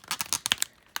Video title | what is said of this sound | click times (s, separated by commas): Marvel Legends MONSTER VENOM BAF Venom Wave Figure Review | leg snaps into place as well | 0.5 s